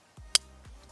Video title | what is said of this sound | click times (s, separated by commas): I DIDN'T Expect This...Driver Loft Test - Simple Golf Tips | when you get into it it should click into place to make sure that you've | 0.3 s